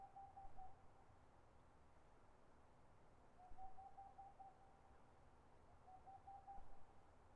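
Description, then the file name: Boreal owl song of rapid, evenly spaced hoots on a steady pitch, delivered in three short bursts against a constant low background hum. Recorded 22 March 2013. "20130322-Pärluggla"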